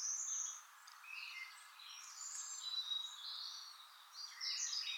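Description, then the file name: European robin giving soft, high, thin warbled notes in a rambling phrase, fairly quiet throughout. "Erithacus rubecula"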